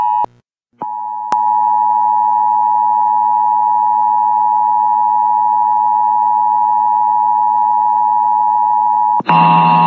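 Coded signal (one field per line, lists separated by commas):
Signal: Emergency Alert System (SAME) tones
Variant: 853 and 960 Hz attention tone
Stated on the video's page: Weekly and monthly EAS tests received.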